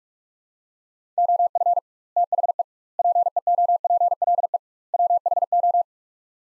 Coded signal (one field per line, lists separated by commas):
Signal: Morse code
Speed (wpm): 47 wpm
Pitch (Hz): 700 Hz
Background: none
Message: OF THE PEOPLE WHO